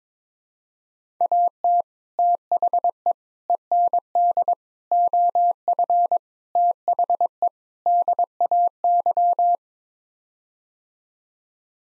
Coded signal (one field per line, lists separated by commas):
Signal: Morse code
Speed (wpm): 22 wpm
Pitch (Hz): 700 Hz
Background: none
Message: AT THE END OF THE DAY